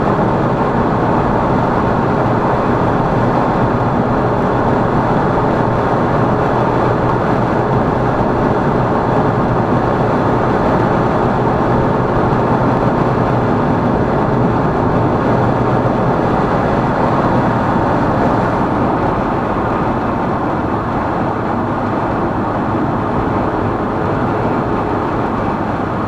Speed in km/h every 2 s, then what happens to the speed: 129, 130, 131, 132, 132, 133, 133, 132, 130, 124, 118, 116, 115.
0-15 steady at about 132. 15-26 slows to 115.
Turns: none.